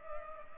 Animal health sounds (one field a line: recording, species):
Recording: mosquito wingbeat signal from an infrared sensor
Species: Culex pipiens